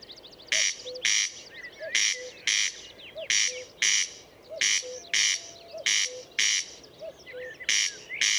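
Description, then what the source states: Corn crake calling loudly, rough two-part rasps repeated regularly, while a lower two-note call sounds between them and other birds chirp faintly. Recorded at Murnauer Moos, Germany, on 29 May 2014.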